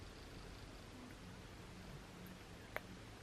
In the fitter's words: should snap right into place alright